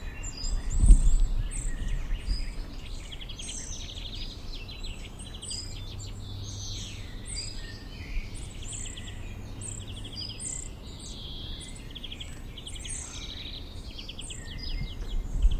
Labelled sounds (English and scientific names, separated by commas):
Eurasian Nuthatch (Sitta europaea) call